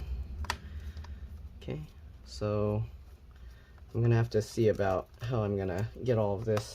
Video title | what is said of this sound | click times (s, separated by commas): MSI GE75 Raider 10SF-446US Disassembly RAM SSD Hard Drive Upgrade Battery Keyboard Replacement Fix | pops into place a little bit | 0.5 s